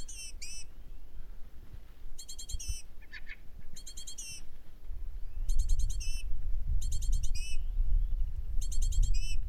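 Great tit producing harsh, buzzy chattering bursts, each a quick burst of ringing notes ending in a lower slur, repeated every one to two seconds over low rumble.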